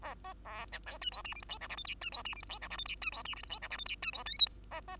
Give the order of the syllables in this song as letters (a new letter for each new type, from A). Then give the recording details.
A B A C D E F G H I J K L M N E F G H I J K L M N E F G H I J K L M N E F O P Q B B. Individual Bird2